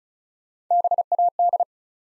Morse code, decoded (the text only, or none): BAD